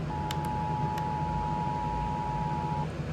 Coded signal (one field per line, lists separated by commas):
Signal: Emergency Alert System (SAME) tones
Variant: 853 and 960 Hz attention tone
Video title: [EAS Captures #1] Amber Alert for All of Texas